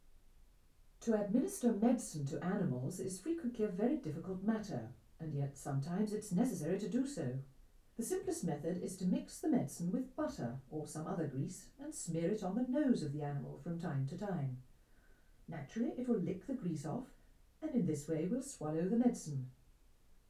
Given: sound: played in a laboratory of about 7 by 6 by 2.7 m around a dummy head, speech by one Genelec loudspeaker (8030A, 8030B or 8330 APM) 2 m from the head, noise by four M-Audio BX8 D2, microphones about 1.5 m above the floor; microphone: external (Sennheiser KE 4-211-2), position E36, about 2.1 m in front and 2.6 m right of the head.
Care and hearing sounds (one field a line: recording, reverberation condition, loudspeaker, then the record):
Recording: female speech in English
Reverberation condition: low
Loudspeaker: in front (0 degrees)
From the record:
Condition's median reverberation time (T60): about 310 ms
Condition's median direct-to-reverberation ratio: about 3.5 dB